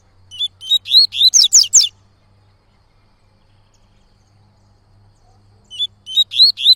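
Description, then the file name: Yellow-bellied Seedeater phrase of high chirps growing louder, then a pause before the song restarts; steady low hum throughout. Bird singing a lot, tui-tui song style. "Coleiro Baiano Cantando Muito Canto Tui Tui"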